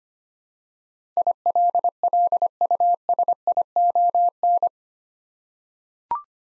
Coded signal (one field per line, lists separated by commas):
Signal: Morse code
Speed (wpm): 25 wpm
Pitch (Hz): 700 Hz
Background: none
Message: ILLUSION